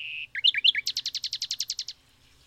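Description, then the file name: Common nightingale song: a brief whistled note, a few sharp chirps, then a fast rhythmic trill of repeated loud clicks lasting about a second. "Luscinia megarhynchos"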